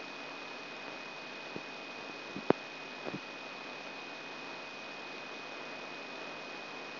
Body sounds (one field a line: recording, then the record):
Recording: brain microelectrode recording played as sound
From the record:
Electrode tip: outside the subthalamic nucleus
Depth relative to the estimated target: 3.5 mm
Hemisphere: left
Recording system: AlphaMap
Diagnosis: Parkinson's disease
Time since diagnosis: 6 years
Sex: female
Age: 40 years